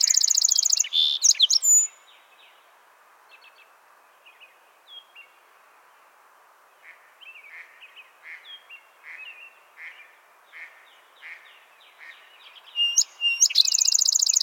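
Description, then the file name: Song sparrow song of sharp notes and a quick trill, repeated at the end, separated by a stretch of faint, scattered chirps. "Melospiza melodia - Song Sparrow"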